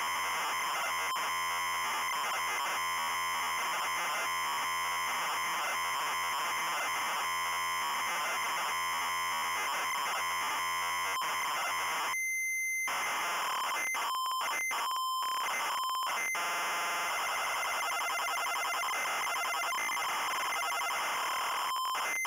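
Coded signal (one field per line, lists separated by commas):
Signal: ZX Spectrum tape loading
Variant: ZX Spectrum 128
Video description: Loading mini-game, and short gameplay introduce.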